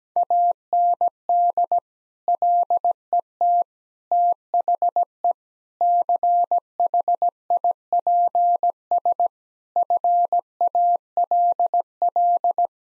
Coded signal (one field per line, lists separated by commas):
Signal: Morse code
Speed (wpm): 17 wpm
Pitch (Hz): 700 Hz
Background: none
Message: AND LET THE CHIPS FALL